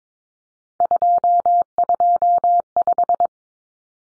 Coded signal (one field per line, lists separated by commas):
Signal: Morse code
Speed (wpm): 22 wpm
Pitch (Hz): 700 Hz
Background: none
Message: 225